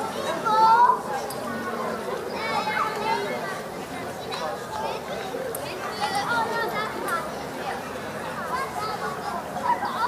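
Children play on a playground, their voices overlapping in a steady stream of chatter and calls. A bright shout stands out near the first second, and other voices rise and fall throughout. A low, constant murmur runs underneath the whole time.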